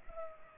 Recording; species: mosquito wingbeat signal from an infrared sensor; Culex pipiens